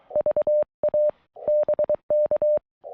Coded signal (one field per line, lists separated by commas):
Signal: Morse code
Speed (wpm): 21 wpm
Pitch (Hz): 590 Hz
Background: none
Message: VA BK